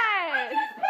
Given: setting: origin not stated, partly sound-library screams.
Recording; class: one-second piece from a danger detection set; woman in danger